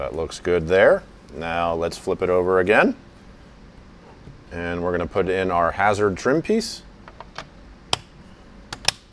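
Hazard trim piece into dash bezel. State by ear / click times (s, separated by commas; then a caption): seated / 7.9 s, 8.9 s. Someone talks while a plastic hazard-switch trim piece is pushed into the dash bezel of a 2010–2024 Toyota 4Runner during an Alpine iLX-F509 installation. After a few faint handling ticks, sharp snaps ring out at 7.9 s and 8.9 s as the trim piece seats into position.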